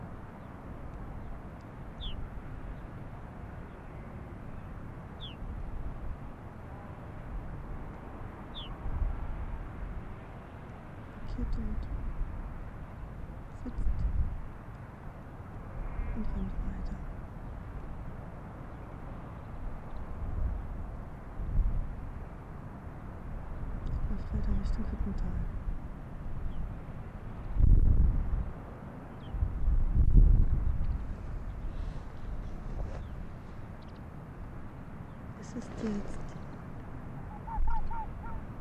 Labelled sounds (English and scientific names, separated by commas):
Arctic Fox (Vulpes lagopus)